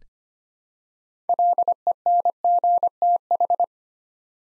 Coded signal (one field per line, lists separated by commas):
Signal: Morse code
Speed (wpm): 25 wpm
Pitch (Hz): 700 Hz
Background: none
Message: LENGTH